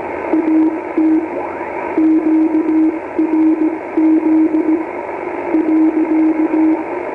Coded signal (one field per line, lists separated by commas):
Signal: Morse code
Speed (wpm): 16 wpm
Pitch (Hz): 320 Hz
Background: radio noise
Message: AT QRZ .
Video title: YB9BWN Beacon.mp4